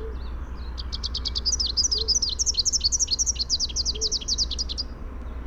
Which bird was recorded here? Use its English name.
Rufous-capped Warbler